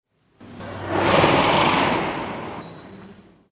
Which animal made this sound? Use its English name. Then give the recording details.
Indian Rhinoceros. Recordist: Tembrock, Günter. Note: Schnaufen eines Männchens